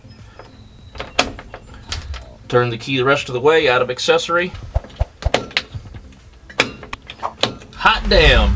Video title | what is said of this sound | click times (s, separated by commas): How to Replace Ignition Lock Cylinder - 1972 Chevy C10 - EP. 2 - Project Harold | turn to the right a little bit you'll hear the click | 1.2 s